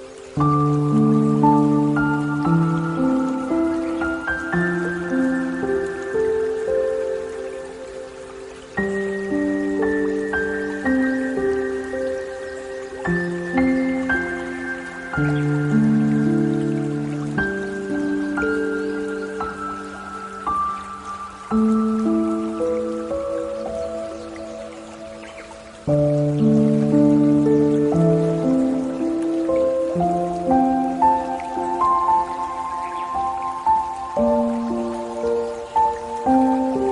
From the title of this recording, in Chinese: 療癒音樂，搭配大自然的流水及鳥鳴聲